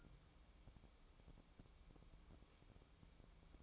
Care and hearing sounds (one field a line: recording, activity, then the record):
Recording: daily activity, microphone in the room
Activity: take from stove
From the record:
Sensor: 1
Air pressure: 1008.0 hPa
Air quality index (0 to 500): 130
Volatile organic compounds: 2 ppm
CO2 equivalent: 1096 ppm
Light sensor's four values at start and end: 8/18/7/8 and 8/18/7/8